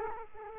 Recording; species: mosquito wingbeat signal from an infrared sensor; Culex quinquefasciatus